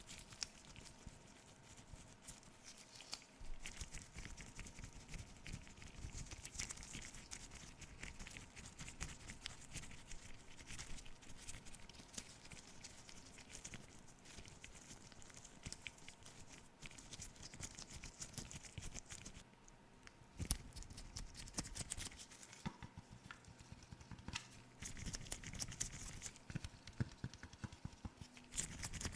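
Face and camera cleaning sounds run steadily for the whole stretch: dense, busy scratching and rubbing with quick irregular taps and pats layered through it. A short quieter gap falls near twenty seconds, and a faint low steady tone hums underneath throughout.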